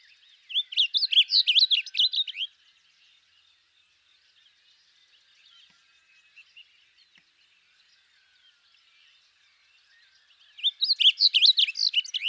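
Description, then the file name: Blue grosbeak delivering two rapid, chattering warbled phrases separated by about eight seconds of near silence, the second cut off at the end. "Blue Grosbeak Passerina caerulea"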